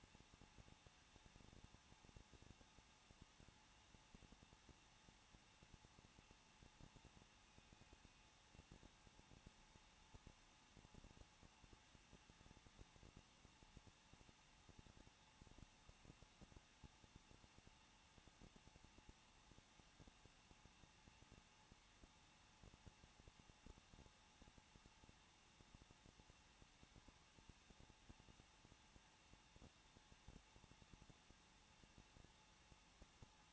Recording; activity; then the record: daily activity, microphone in the room; no activity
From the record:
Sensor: 1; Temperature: 20.1 degrees Celsius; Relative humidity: 39.1%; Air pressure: 1006.4 hPa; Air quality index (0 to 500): 216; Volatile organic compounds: 74 ppm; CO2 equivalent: 3555 ppm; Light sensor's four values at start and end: 1/2/1/1 and 1/2/1/1